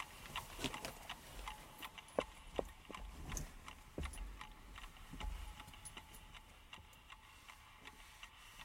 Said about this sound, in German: Aber ich höre sie ticken, ganz deutlich, ganz furchtbar deutlich höre ich den Wecker ticken. Das nervt, ich kann nicht einschlafen.